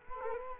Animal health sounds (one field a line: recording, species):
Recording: mosquito wingbeat signal from an infrared sensor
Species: Culex quinquefasciatus